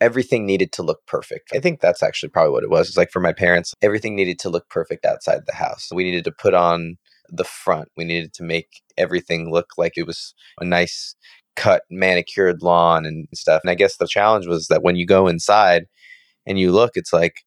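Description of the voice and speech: A low-pitched adult man speaks fluently at an ordinary conversational pace, with clear articulation and natural pauses.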